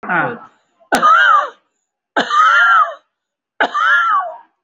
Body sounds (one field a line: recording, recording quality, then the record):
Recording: heavy voluntary cough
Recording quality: excellent, no background noise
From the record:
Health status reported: recovered from COVID-19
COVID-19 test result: positive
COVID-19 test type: RT-PCR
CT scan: not taken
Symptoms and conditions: cough, cold, breathing difficulty, sore throat, chronic lung disease, pneumonia, another respiratory illness, another condition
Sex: male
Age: 76 years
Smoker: yes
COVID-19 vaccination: one dose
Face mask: worn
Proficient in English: no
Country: India